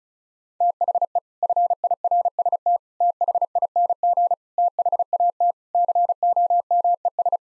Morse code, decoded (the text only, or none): THE FIRST THING THAT COMES